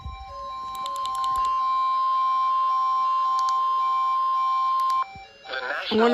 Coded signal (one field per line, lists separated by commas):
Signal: Emergency Alert System (SAME) tones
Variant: 1050 Hz attention tone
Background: speech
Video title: EAS #149 Severe Thunderstorm Warning On NWR